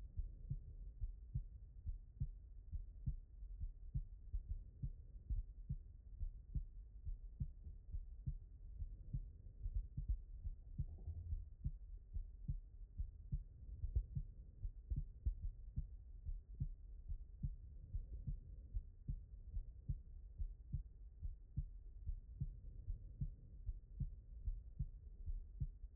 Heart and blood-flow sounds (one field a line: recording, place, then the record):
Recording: heart sounds by stethoscope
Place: aortic valve (AV)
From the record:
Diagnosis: non-HFrEF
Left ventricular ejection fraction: 60%